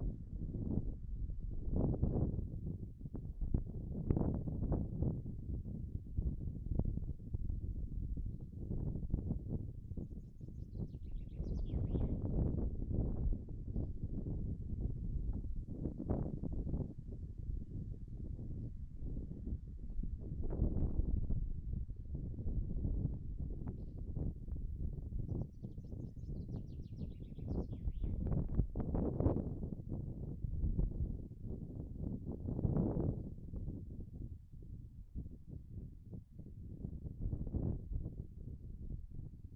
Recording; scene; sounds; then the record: everyday scene through a hearing-aid microphone; wind on the microphone; wind, birds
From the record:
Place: in front of a rural house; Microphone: behind the ear, right, front